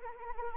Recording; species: mosquito wingbeat signal from an infrared sensor; Anopheles arabiensis